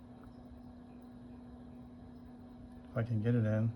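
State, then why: Not seated. A removable leg piece from a vintage Keuffel & Esser drafting compass set is lined up with its socket on the compass and pushed in. Only faint handling noise is heard over a steady low hum, and someone talks near the end. The piece has not snapped into place yet.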